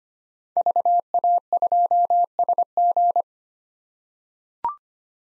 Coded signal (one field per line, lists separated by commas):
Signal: Morse code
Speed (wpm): 25 wpm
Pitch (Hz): 700 Hz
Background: none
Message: VA2SG